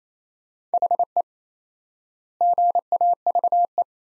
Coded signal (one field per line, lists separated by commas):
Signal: Morse code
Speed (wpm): 28 wpm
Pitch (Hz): 700 Hz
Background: none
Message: HE GAVE